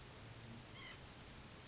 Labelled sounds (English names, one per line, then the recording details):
White-breasted Nuthatch
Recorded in Sonoma County, California